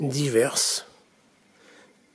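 A wire for a long-wire antenna is being handled at a lever-type push-in terminal block, with its plastic lever not yet closed on it. Someone talks for the first 0.8 seconds, followed by near silence and a faint soft rustle around 1.6–1.9 seconds. Nothing has seated or clicked yet.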